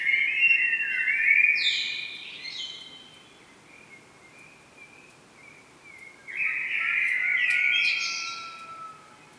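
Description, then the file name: Common blackbird singing two mellow, wavering phrases several seconds apart, each fluty and low then ending in thin, high squeaky notes. "Turdus merula"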